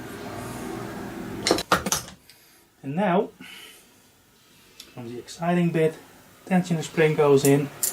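During a rebuild of a Mash Fifty 50cc motorcycle engine, a timing chain tensioner with its tension spring is handled and fitted toward the metal engine housing. Sharp metallic clanks ring out around 1.5 to 1.9 s, and someone talks. Nothing has seated or clicked yet.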